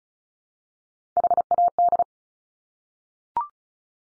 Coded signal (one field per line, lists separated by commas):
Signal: Morse code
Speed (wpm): 36 wpm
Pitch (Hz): 700 Hz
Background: none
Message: HAD